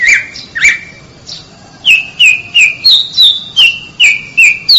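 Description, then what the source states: Oriental magpie-robin song of a few sharp whistles, then a steady series of short clear whistled notes repeated about three times a second. Champion competition bird.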